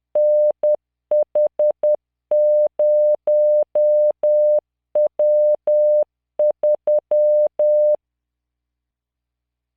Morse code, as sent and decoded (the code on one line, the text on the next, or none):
-. .... ----- .-- ...--
NH0W3